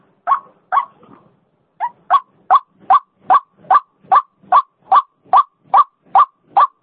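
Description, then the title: White-breasted waterhen giving a few irregular opening notes and a short pause, then clipped croaks repeated steadily. Female call, used as a lure sound. "Suara Pikat Ruak Ruak Betina"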